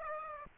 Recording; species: mosquito wingbeat signal from an infrared sensor; Aedes aegypti